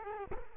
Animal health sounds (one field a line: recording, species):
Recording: mosquito wingbeat signal from an infrared sensor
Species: Culex quinquefasciatus